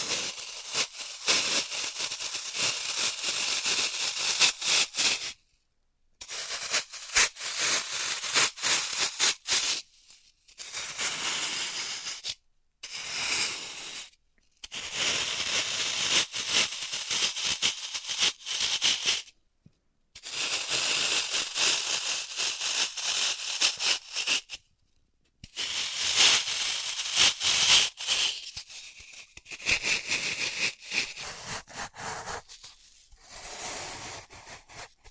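Floral foam being crushed and cut, a dense crackling, crunching texture in bursts of several seconds separated by short silences around 6, 10, 12, 14, 20 and 25 seconds. Each burst is bright and gritty with rapid tiny snaps, some passages slightly softer and hissier.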